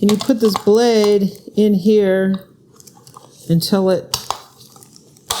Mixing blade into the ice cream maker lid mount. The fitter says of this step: snaps in there, and then you let go. And I guess the blade is in there.